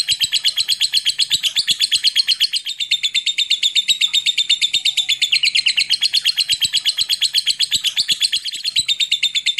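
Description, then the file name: Lovebird in a long chattering trill of fast, harsh, high notes, holding steady throughout with faint clicks underneath. Long ngekek trill. "suara burung lovebird ngekek panjang"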